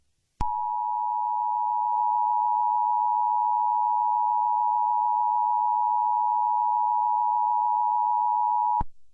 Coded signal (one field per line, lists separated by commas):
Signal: Emergency Alert System (SAME) tones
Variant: 853 and 960 Hz attention tone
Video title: Sequel Video from EAS Scenario/Mock #6 - Water Girl Attacks